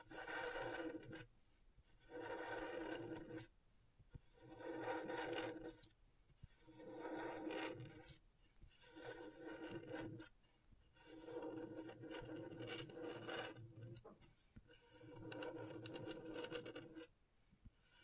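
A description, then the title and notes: Scratchboard being scraped in repeated strokes, each lasting about one to two seconds and separated by short silent gaps. The rasping is dense and gritty, with a steady pitched tone running through each stroke, and about seven strokes follow one another at a fairly regular pace. ASMR Brain Tingling Scratchboard (No Talking).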